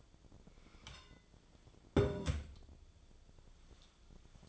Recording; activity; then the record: daily activity, microphone in the room; take from stove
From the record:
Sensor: 5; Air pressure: 1010.0 hPa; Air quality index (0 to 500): 152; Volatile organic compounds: 3 ppm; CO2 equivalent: 1487 ppm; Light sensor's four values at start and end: 251/604/259/287 and 250/596/258/287